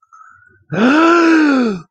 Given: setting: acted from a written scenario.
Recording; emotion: vocal sound without words; negative surprise